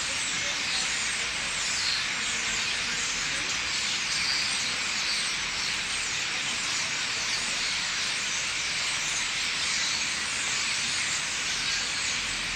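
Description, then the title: Common starling flock chattering continuously, countless tiny squeaks and clicks blending into an unbroken, even hiss with no pauses throughout. Thousands of starlings gathering in trees at night at a roost on Rue des Prisons, Limoges, France; Sony PCM-M10 internal microphones. "4 Rue des Prisons, Limoges, France - Starlings - étourneaux"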